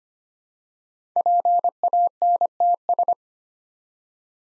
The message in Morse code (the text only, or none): PANTS